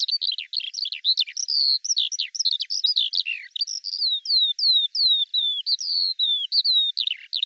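Eurasian skylark giving an energetic high twittering song, then a series of repeated descending whistled notes, then a few more varied notes.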